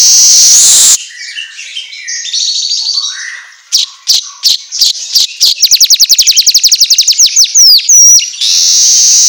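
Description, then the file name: Asian golden weaver song: a loud buzzy hiss, softer scratchy notes, then scattered ticks building into a rapid ticking trill, ending in another loud sizzling hiss. Continuously singing song style (auto gacor), used for training songbirds. "Suara Kicau Manyar Kepala Emas Auto Gacor"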